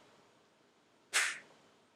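A cap is placed on top of a blood collection bottle and pressed down hard with a finger. Quiet background gives way at about 1.1 s to a short, bright, broadband handling burst that fades by about 1.5 s. Nothing has seated or clicked yet.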